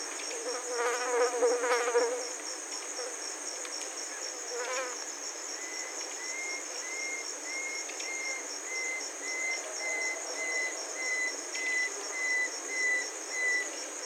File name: Rondônia-bushbird